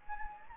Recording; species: mosquito wingbeat signal from an infrared sensor; Anopheles gambiae